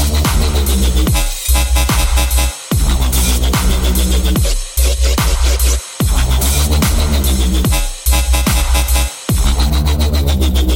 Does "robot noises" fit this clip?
yes